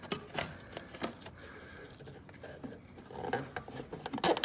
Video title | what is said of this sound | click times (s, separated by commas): How to change the oil on a Porsche 911 (991.1) | we go pops right in it kind of you got to kind of give some pressure and then that's it | 4.4 s